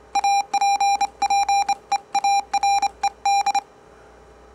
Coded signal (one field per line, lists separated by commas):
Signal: Morse code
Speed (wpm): 29 wpm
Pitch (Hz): 800 Hz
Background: none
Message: APPEARED